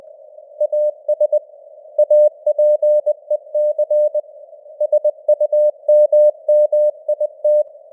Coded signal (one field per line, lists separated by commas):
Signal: Morse code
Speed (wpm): 20 wpm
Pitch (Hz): 600 Hz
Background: none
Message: AS APEC SUMMIT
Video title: Morse Code News | 2025-11-01 | 20wpm